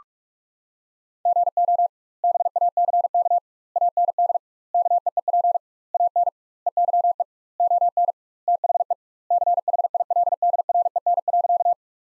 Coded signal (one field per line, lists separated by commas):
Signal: Morse code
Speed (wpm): 41 wpm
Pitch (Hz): 700 Hz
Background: none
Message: GO BACK AND KEEP AN EYE ON THE CHILDREN.